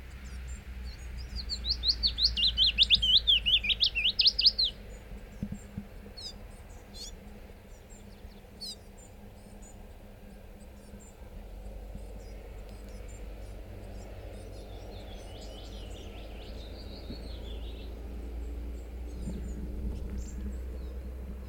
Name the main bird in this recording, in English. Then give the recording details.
Willow Warbler. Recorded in the wild. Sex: male. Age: adult. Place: Thumsee, Bayern, DE. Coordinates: 47.7167, 12.8167. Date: 1964-06-03. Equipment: LGS26. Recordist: Faber, A. and Stumbrat. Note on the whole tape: Auf der Alpstraße Richtung Tumsee. Vogel wird durch Tonbandaufnahmen gelockt, daraufhin Lockrufe mit Flügelschlagen und Gesänge. Auch Aufnahmen vom 25.06.1964 um 11.30 Uhr